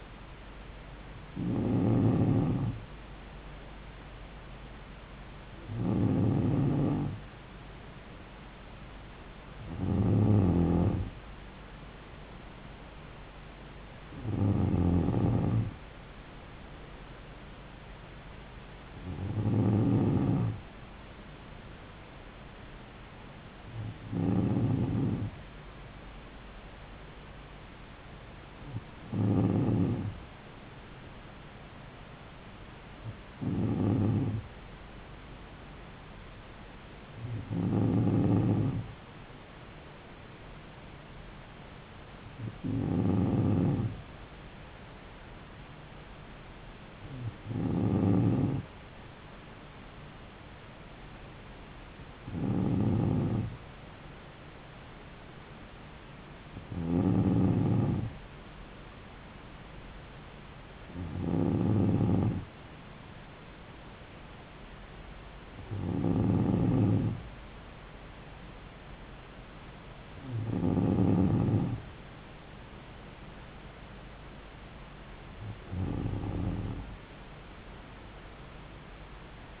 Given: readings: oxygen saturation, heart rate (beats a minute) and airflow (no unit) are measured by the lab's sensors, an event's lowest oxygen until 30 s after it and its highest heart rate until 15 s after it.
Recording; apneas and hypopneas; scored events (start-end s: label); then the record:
breathing in sleep by a voice recorder at the bedside; none
none scored
From the record:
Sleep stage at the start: N2 (light sleep); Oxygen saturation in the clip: 93 to 94%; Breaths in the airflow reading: 17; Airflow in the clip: -4.2 to 4.2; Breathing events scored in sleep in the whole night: 270 in 6.1 hours asleep